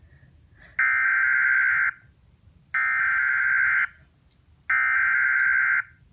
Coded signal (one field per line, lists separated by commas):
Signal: Emergency Alert System (SAME) tones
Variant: header bursts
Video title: Double Header on Weatherscan 24/7 EAS #256-257